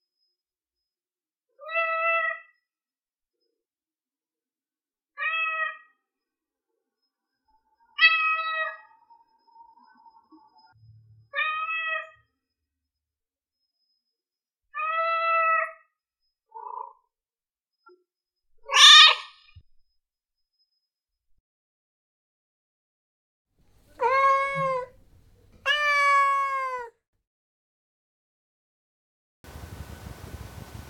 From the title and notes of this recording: Here is ten minutes of kitten sounds.